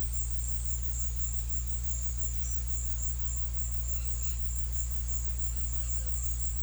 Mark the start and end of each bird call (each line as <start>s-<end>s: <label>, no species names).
3.87s-4.47s: bird call